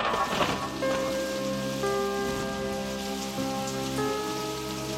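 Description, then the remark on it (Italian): Steady rain patters on a surface in a continuous hiss, with sustained, shifting musical tones layered underneath. No one speaks. “Un signore in macchina, una sera di pioggia, carica una autostoppista in periferia e l'accompagna a casa.”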